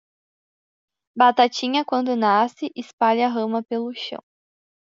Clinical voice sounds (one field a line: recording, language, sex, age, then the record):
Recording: short text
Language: Brazilian Portuguese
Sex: female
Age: 20 to 29 years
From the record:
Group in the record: control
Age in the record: 20 years